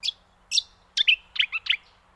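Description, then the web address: Brown honeyeater calling with short, sharp chirps, a single note, then another, followed by quick clusters of several bright notes. "Sound Effects-Foundation 1 BIRD BROWN HONEY EATER CALL"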